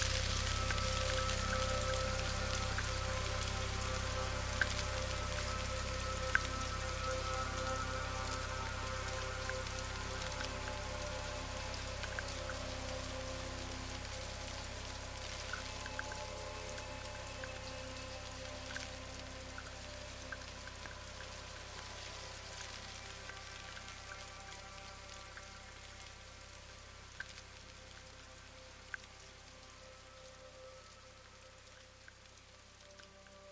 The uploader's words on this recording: A track inspired by Melissa Harrison's book RAIN, made using field recordings of English rainfall.